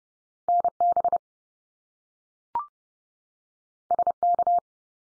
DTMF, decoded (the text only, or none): none